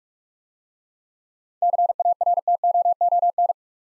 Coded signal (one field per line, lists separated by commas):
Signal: Morse code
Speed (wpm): 44 wpm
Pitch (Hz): 700 Hz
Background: none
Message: CARTOON